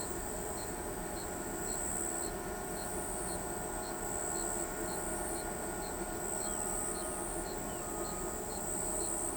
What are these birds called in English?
none